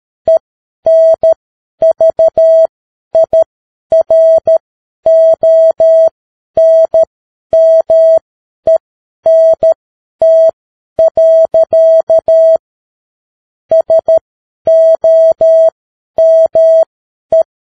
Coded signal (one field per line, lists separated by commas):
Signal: Morse code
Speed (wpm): 13 wpm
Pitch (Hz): 650 Hz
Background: none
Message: ENVIRONMENT. SOME